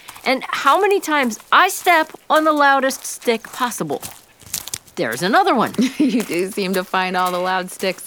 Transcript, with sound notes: and how many times I step on the loudest stick possible. (Loud stick snap) There’s another one.
You do seem to find all the loud sticks.